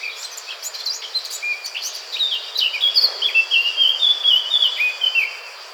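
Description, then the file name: Eurasian blackcap song opens with soft squeaky chattering notes, then swells into a clear, rich whistled phrase that wavers up and down before fading. "Sylvia atricapilla"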